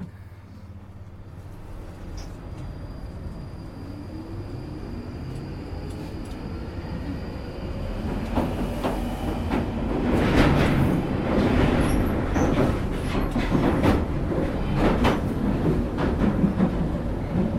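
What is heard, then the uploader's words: A train rumbles past, its low roar building steadily from quiet to a heavy, dense rush by the midpoint and holding there to the end. Sharp clacks and metallic rattles of wheels on rail come in quick irregular bursts, with a faint high whine early on. International Train Noise Compilation. The diverse sounds of trains from around the world.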